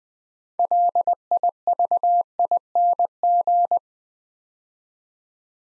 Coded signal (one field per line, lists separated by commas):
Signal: Morse code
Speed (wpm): 20 wpm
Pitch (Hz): 700 Hz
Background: none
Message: LIVING